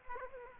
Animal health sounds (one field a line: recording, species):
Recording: mosquito wingbeat signal from an infrared sensor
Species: Aedes aegypti